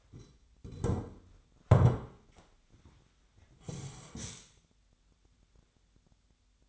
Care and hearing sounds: daily activity, microphone in the room; sit down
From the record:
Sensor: 3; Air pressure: 1007.7 hPa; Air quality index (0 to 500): 193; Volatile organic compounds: 15 ppm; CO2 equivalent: 2480 ppm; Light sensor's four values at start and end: 12/28/11/11 and 12/28/12/11

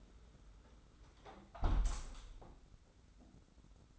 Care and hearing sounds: daily activity, microphone in the room; close window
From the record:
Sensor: 3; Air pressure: 991.3 hPa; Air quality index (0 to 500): 131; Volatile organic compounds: 177 ppm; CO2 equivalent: 4131 ppm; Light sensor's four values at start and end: 49/135/55/48 and 49/134/55/48

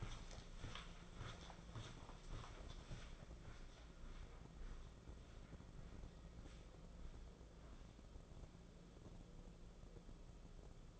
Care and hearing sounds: daily activity, microphone in the room; walk to room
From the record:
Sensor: 5

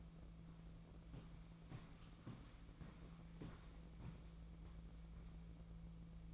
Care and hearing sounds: daily activity, microphone in the room; walk to room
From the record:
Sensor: 1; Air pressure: 1012.3 hPa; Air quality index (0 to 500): 198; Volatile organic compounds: 4 ppm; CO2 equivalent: 1592 ppm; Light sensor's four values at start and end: 87/208/88/94 and 86/206/87/93

